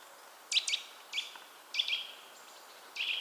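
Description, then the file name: Eurasian nuthatch calling with short, sharp, slightly downslurred notes, given singly and in quick pairs with pauses between, over a quiet background. "Sitta europaea"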